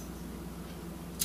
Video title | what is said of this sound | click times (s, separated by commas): Polaroid Swinger | you hear that little click when you pull the film each time it it locks up | 1.2 s